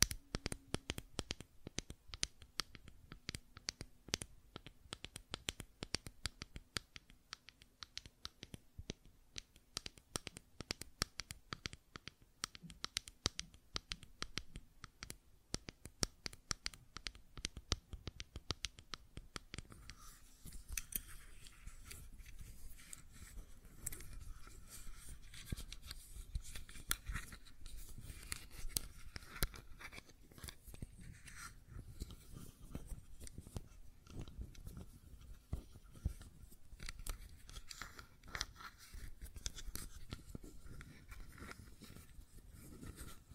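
Fidget cube tapping and clicking, a rapid stream of sharp, dry clicks throughout. For the first twenty seconds the clicks are crisp and widely spread, with a faint low hum underneath; after that they become denser and softer, closer to a steady scratchy rattle.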